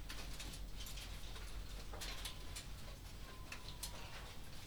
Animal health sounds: poultry house recording; healthy chickens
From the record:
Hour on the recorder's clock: 21

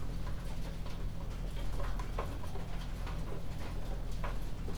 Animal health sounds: poultry house recording; healthy chickens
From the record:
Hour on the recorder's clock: 1

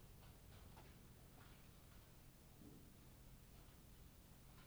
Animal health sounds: poultry house recording; no chicken sound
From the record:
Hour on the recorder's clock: 20

